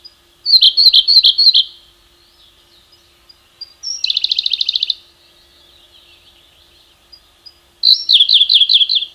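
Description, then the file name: Siberian rubythroat song in three bursts of quick, high, repeated notes, including a buzzy, even trill in the middle, with short silences between phrases. "suara berkecet siberia omkicau"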